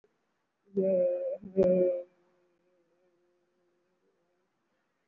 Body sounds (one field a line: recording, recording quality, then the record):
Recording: sustained vowel as in made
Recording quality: moderate, slight background noise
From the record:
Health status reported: recovered from COVID-19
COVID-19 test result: positive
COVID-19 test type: RT-PCR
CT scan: taken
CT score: 2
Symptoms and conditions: cough, cold, breathing difficulty, sore throat, fatigue, muscle pain, asthma, another respiratory illness, hypertension, diabetes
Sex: female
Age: 49 years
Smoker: no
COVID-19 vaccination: both doses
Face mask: worn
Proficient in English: no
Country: India